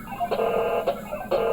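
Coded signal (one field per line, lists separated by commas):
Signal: HF data modem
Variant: VARA FM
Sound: harsh buzzy multi-tone data bursts switching abruptly, like a rapid back-and-forth modem exchange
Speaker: You hear a little bit of that. both sides of the modem.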